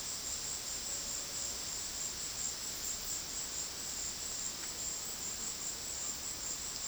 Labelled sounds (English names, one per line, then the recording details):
none
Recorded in dense forest near Puerto Asís, Putumayo, Colombia, on 20 February 2024 at 16:00
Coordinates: 0.481, -76.318
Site G6421